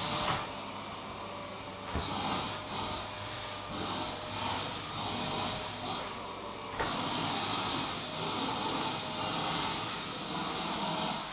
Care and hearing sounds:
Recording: daily activity, microphone in the room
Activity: vacuum cleaning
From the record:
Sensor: 1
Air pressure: 1009.6 hPa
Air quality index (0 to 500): 194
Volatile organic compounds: 19 ppm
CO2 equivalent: 2653 ppm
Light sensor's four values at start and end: 29/70/30/36 and 31/79/33/39

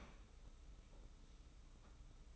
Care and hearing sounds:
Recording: daily activity, microphone in the room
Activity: open fridge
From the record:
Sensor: 1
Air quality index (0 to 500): 111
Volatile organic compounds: 116 ppm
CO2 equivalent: 3855 ppm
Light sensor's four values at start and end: 19/46/19/21 and 19/46/19/21

